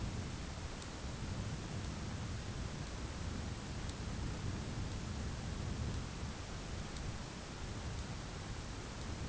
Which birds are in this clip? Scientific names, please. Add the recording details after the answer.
none. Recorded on Arctic tundra, site ZACK-1, on 11 June 2019. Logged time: 01:49